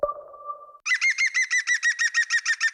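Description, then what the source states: European green woodpecker giving its loud laughing call, a fast even series of many ringing notes, preceded by a short steady tone. Played in a radio advertisement.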